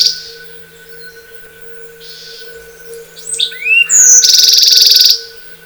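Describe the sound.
Bewick's wren singing one phrase: soft notes, then quick rising and falling whistled slurs ending in a loud rapid buzzy trill about a second long; low constant hum beneath.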